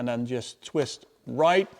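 A plastic twist-lock cover with three fins is lined up with three openings on a BMW M340i during an oil change, ready to be twisted right to lock. Only someone talking is heard. The clip ends before the cover goes home, and nothing has seated or clicked yet.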